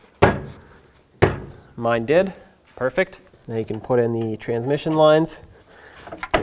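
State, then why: Seated. A transmission cooler line quick-connect on a 1997-2003 Ford F-150 with the 5.4L 2-valve engine is pushed onto its fitting on the radiator and snaps into place with a sharp click at 6.3 s, confirming it is seated. Two loud sharp knocks are heard at 0.2 s and 1.2 s, and someone talks throughout.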